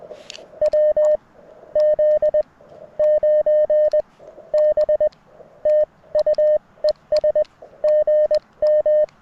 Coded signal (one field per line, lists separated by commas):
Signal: Morse code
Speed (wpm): 20 wpm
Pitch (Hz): 1800 Hz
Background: none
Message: WZ9B TU ES GM